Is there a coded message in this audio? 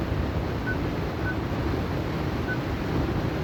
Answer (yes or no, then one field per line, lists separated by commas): no